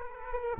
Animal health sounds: mosquito wingbeat signal from an infrared sensor; Aedes aegypti

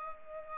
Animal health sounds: mosquito wingbeat signal from an infrared sensor; Culex pipiens

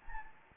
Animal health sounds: mosquito wingbeat signal from an infrared sensor; Anopheles gambiae

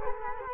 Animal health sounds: mosquito wingbeat signal from an infrared sensor; Culex quinquefasciatus

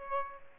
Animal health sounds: mosquito wingbeat signal from an infrared sensor; Aedes aegypti

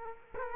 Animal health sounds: mosquito wingbeat signal from an infrared sensor; Culex quinquefasciatus

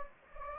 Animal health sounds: mosquito wingbeat signal from an infrared sensor; Anopheles gambiae

